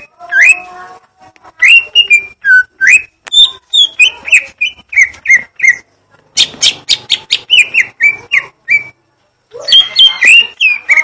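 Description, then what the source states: Leafbird song: a rapid string of loud, varied whistled and chirped notes, with a brief pause near the end. Song type called "gledek" (thunder); Indonesian name cucak ijo.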